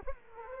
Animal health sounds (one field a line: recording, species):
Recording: mosquito wingbeat signal from an infrared sensor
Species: Culex quinquefasciatus